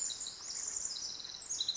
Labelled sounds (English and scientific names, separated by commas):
Pacific Wren (Troglodytes pacificus)